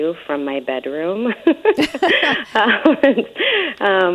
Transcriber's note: laughter